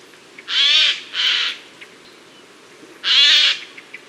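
Bird giving loud, harsh, buzzy notes: two in quick succession, then a third about one and a half seconds later, over a faint steady hiss.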